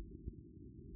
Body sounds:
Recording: neck accelerometer signal played as sound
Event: no cough (speech, laughter, throat clearing or background)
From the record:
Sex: male

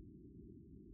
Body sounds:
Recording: neck accelerometer signal played as sound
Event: no cough (speech, laughter, throat clearing or background)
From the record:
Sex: male

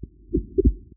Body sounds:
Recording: neck accelerometer signal played as sound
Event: voluntary cough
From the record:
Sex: male

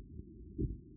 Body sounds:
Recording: neck accelerometer signal played as sound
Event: voluntary cough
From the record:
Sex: male

